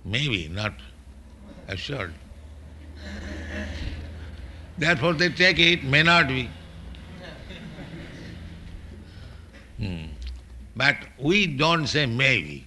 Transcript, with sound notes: "May be." Not assured. [laughter] Therefore they take it "may not be." But we don't say "may be."